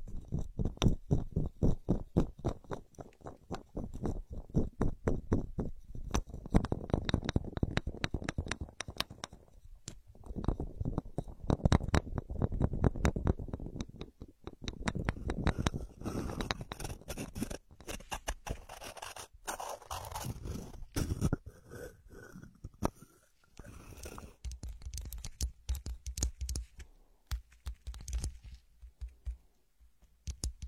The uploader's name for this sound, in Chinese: 无人声搔耳朵